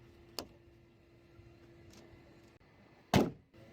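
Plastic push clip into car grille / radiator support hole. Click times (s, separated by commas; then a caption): 0.4 s, 3.1 s. Plastic push-type retaining clips are reinstalled on the grille of a 2007 Subaru Forester, fitted into the radiator support holes during a fix for a hood latch that won't stay closed. With the upper pin kept pulled up, each clip is put in its hole and the pin is pushed down. Sharp snaps at 0.4 s and 3.1 s mark the clips seating in place over a quiet background hum.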